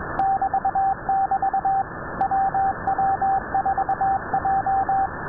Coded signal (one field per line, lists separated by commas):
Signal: Morse code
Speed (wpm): 21 wpm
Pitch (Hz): 780 Hz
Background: radio noise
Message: <BT><BT> WW4J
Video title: 6607 KHZ CW 4XZ Numbers stations into Tampa Florida Winradio